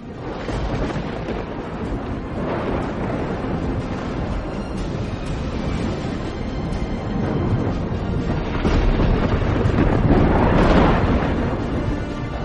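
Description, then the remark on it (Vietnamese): A continuous low, heavy rumble like rolling thunder, mixed with gusting storm wind that swells louder toward the end, with no voices. “Vừa dứt lời, những tiếng trống trận ầm ầm vang lên, âm thanh sấm rền xuất hiện.”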